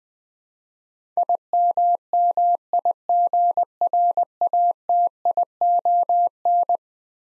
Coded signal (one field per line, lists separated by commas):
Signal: Morse code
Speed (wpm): 20 wpm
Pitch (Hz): 700 Hz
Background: none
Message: IMMIGRATION